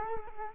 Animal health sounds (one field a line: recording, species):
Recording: mosquito wingbeat signal from an infrared sensor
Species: Culex quinquefasciatus